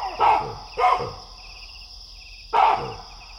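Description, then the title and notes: Baboon alarm barks, three loud harsh calls, two close together then one after a short gap, with a steady high insect drone and pulsed chirping behind. Baboons roosting in a big tree at nightfall in Niokolo Koba National Park, eastern Senegal, sounding the alarm on sensing a distant predator. "Niokolo Koba national park, Eastern Senegal. Night falls as baboons roosting in a big tree sense a predator in the distance and sound the alarm."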